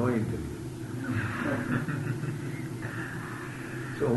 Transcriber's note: laughter